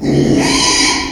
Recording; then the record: squeal of a Yucatan mini pig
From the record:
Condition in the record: after surgery on the right vocal fold (resection and tissue-engineered implant); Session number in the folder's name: 2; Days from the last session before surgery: 13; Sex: male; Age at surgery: 12 weeks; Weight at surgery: 13 kg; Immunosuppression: cyclosporine, prednisolone